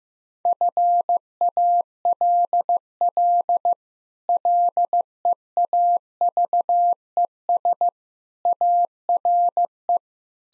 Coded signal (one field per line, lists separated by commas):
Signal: Morse code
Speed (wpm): 15 wpm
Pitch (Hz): 700 Hz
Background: none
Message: FALL LEAVES ARE